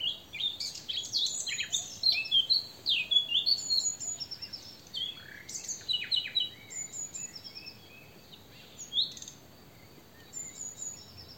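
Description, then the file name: Eurasian blackcap song, busy scratchy warbling that runs on and slowly softens, with thin high whistled notes. "Sylvia atricapilla"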